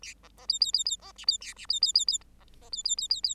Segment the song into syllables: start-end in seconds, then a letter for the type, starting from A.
0.02-0.14 A, 0.23-0.28 B, 0.37-0.46 B, 0.48-0.59 C, 0.60-0.72 C, 0.73-0.84 C, 0.85-0.96 C, 0.99-1.12 B, 1.16-1.25 D, 1.27-1.38 C, 1.41-1.54 A, 1.56-1.66 D, 1.69-1.80 C, 1.81-1.93 C, 1.94-2.05 C, 2.07-2.18 C, 2.40-2.44 B, 2.61-2.69 B, 2.72-2.83 C, 2.84-2.95 C, 2.97-3.08 C, 3.10-3.21 C, 3.23-3.35 C